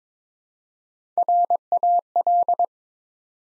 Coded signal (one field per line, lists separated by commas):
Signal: Morse code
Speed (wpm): 22 wpm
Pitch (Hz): 700 Hz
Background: none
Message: RAL